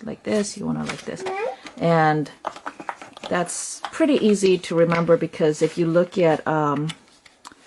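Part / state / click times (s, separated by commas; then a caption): cup insert into drinking cup lid / not seated / none. Someone talks while handling the plastic valve insert of a Philips AVENT My Natural toddler drinking cup, getting ready to push it into place under the lid. A few faint handling taps come near the end. Nothing has seated or clicked yet.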